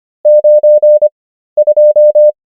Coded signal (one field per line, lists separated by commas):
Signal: Morse code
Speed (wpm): 25 wpm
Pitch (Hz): 600 Hz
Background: none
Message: 92